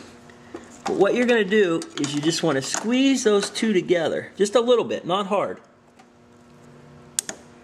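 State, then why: Released. Someone talks while squeezing the two green plastic clips on the fuel line quick-connect coupling at the gas tank outlet of a steel-frame Victory motorcycle. After the talking stops, a sharp little click at 7.2 s marks the fitting releasing so the line pulls free.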